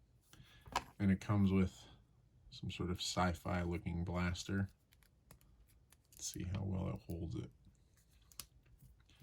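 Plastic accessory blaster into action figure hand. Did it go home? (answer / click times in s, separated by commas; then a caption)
yes / 8.4 s. Someone talks while a small plastic toy sci-fi blaster accessory is pushed into an action figure's hand, with light handling clicks along the way. A sharp click at 8.4 s marks the blaster seating in the hand, and it holds well.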